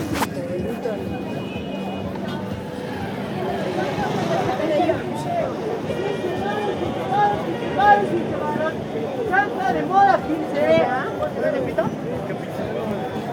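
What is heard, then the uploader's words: Busy market chatter with many overlapping voices, a steady crowd murmur throughout, and a sharp knock at the very start. Krinkly Market sounds - Mexico city.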